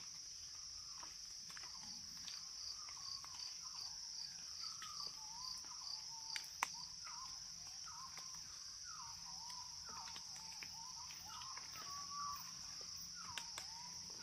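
Jungle sounds: a steady high insect whine runs throughout, with repeated short bird calls chirping every second or so and occasional sharp clicks.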